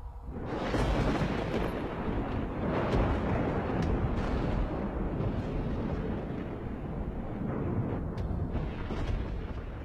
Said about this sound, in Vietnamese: Đột nhiên từ trên tầng không, một tia lôi điện đánh xuống, đánh đùng một cái, âm thanh vang lên đến chói cả tai.